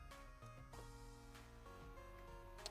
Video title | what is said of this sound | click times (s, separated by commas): Fysetc Doron Velta Delta Printer Build Part 4 | there we go okay that's that has a very satisfying snap into place | 2.7 s